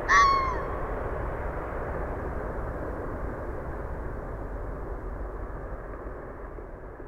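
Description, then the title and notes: Red fox call at the very start, a single rasping, harmonic yelp, followed by several seconds of continuous traffic hum. Calling in west Dyke Marsh around 6:35 PM on 20 December 2015; cars on a nearby parkway and airplanes audible; Fostex FR-2, Sennheiser ME62 and Telinga parabola; fade in/out only. "Red Fox calling in west Dyke Marsh about 6:35PM 12/20/2015"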